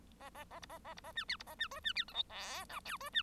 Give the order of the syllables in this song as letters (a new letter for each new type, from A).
A A A B A A B A C D B A C E C D F G H I J E C